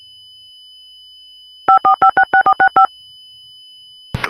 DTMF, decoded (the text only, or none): 54566465